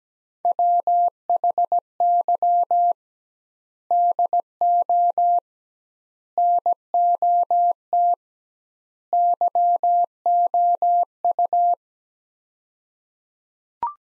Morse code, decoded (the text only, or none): WHY DO NOT YOU